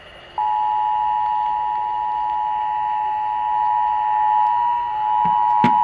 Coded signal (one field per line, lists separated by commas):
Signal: Emergency Alert System (SAME) tones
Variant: 853 and 960 Hz attention tone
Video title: ACTIVATE PROPERLY, DANGIT! Broadcast Radio EAS: Required Monthly Test (EAS #318)